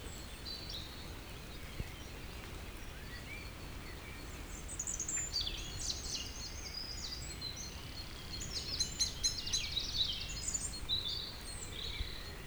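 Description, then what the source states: Birds singing, sparse calls early, then a denser run of sharp repeated high notes and twitters in the second half, over a low rumble. Evening village birds around 8 pm in Tregastel, Pleumeur-Bodou, France; humid weather; April 2019; recorded with an MKH 8040 ORTF pair on a Zoom H5.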